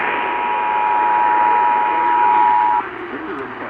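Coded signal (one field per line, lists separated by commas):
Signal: Emergency Alert System (SAME) tones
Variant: 853 and 960 Hz attention tone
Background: speech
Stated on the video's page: Real broadcast radio and TV EAS Required Monthly Test received with poor reception.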